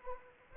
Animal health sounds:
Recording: mosquito wingbeat signal from an infrared sensor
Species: Anopheles arabiensis

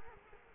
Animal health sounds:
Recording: mosquito wingbeat signal from an infrared sensor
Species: Culex quinquefasciatus

